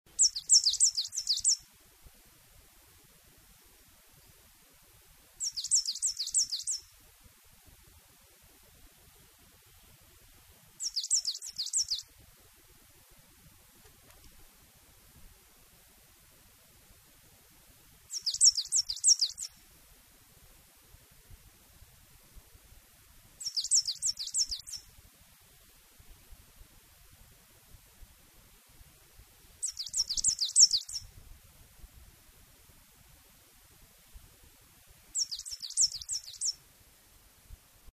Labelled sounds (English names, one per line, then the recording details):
Coal Tit song
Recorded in the wild
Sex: male
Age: adult
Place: Röttenbach, Bayern, DE
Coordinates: 49.665, 10.9544
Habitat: pond
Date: 1963-06-25
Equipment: Nagra, Original, Vollspur
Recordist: Tretzel, Erwin
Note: Weiher Hintere Mark: Tannenmeise: "fi dez-fi dez..."